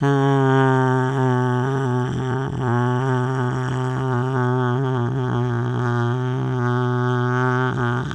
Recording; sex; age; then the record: sustained vowel /a/; female; 70 to 79 years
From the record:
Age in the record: 71 years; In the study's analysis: excluded